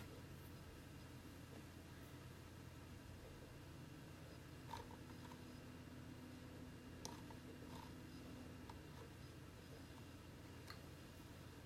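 A steady low whirring of a nearby computer fills a small office room, constant throughout. Faint clicks and light taps of typing or a mouse come sparsely, sharper ones near five, seven and eleven seconds, over the even hum.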